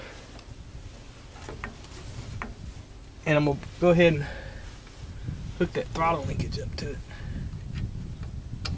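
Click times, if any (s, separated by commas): 8.7 s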